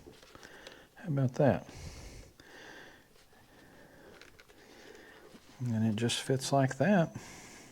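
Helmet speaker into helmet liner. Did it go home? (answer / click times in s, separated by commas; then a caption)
no / none. A comms speaker is handled and pressed toward its place in a helmet liner, with its tabs going into their slots, while someone talks. Only faint handling noises are heard between the speech. Nothing has seated or clicked yet.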